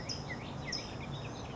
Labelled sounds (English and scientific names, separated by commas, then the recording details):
California Towhee (Melozone crissalis)
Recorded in Sonoma County, California